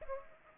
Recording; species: mosquito wingbeat signal from an infrared sensor; Aedes aegypti